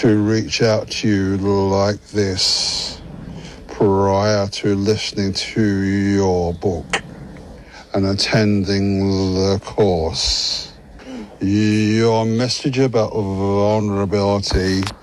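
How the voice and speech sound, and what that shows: Adult man who stutters, speaking with drawn-out sounds and a repeated sound at the start of a word.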